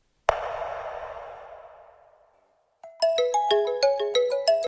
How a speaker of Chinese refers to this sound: 电话响起，冬至接起来说了几句